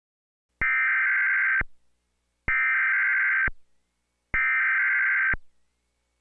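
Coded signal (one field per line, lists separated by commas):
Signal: Emergency Alert System (SAME) tones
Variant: header bursts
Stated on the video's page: Recreated EAS tornado warning for Clinton and Franklin counties, New York, based on a 2010 supercell storm.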